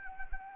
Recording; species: mosquito wingbeat signal from an infrared sensor; Anopheles arabiensis